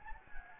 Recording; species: mosquito wingbeat signal from an infrared sensor; Anopheles gambiae